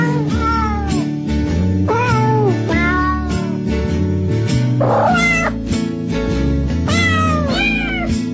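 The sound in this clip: Cat meowing: several arched, wavering meows at irregular intervals, with a brief rough burst midway, all over continuous background music.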